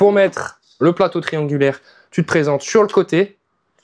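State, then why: Not seated. A triangular delta sanding pad is offered up from the side of the head of a Festool ROTEX 90 sander, to be slotted on, while someone talks throughout. The clip ends just before the pad goes home, and nothing has seated or clicked yet.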